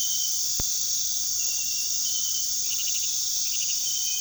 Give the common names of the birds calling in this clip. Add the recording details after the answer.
none. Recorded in pastures near Puerto Asís, Putumayo, Colombia, on 20 February 2024 at 01:00. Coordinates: 0.468, -76.328. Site G6414